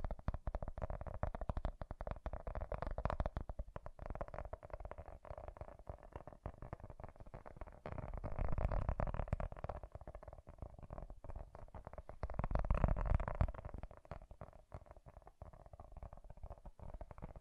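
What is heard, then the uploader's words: Soft, bassy tapping runs fast and dense throughout, with deep thuddy low end, swelling louder around eight and again near thirteen seconds. ASMR Bassy and Soft Tapping Sounds. No Talking.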